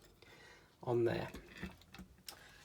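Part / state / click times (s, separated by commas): plastic model truck part onto locating pin on the chassis / seated / 1.8 s, 1.9 s, 2.3 s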